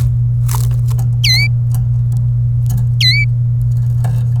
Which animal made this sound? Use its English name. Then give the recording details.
Domestic Canary. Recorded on 27 April 2018 at 13:56. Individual llb3